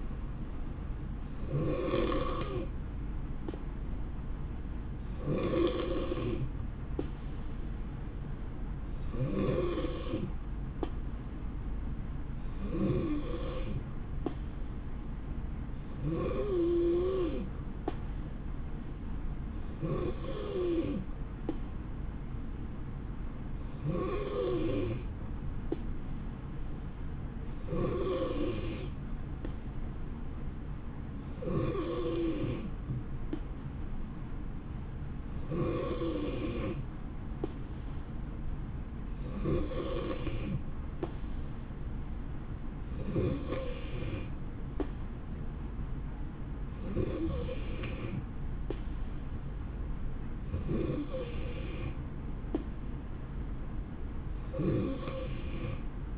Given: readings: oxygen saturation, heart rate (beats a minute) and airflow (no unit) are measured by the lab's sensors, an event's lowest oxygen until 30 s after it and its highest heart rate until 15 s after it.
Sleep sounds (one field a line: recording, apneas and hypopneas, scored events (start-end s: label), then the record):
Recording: breathing in sleep by a smartphone at the bedside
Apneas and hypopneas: 1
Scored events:
5.00-48.10 s: hypopnea (N3, oxygen 93% highest, then 90% lowest, heart rate 62 at the start, 68 highest)
From the record:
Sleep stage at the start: N3 (deep sleep)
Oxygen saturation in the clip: 90 to 93%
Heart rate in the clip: 62 to 73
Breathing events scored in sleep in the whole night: 160 in 9.3 hours asleep